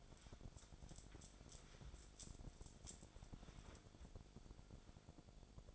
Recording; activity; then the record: daily activity, microphone in the room; wipe stove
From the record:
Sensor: 5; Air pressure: 1000.6 hPa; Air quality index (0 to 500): 156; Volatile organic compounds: 2 ppm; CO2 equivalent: 1196 ppm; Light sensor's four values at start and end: 49/105/48/54 and 49/102/47/53